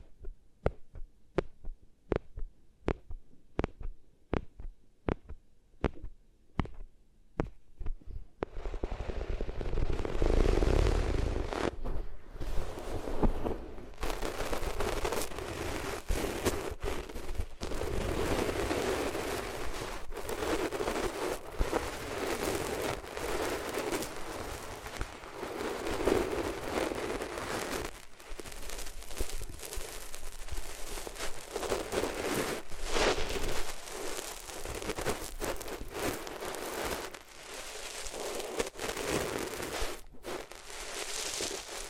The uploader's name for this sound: Rubbing Your Ears on Different Materials